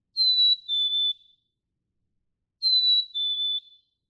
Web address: birdsongforthecurious songs Black-capped Chickadee